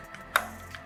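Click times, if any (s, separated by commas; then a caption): 0.4 s. The remaining tabs of a plastic cover are pressed onto the housing of a Toyota Supra HVAC control unit during an LED conversion. A sharp, bright click at 0.4 s marks the cover tab snapping home, with two fainter ticks around it. The cover is seated.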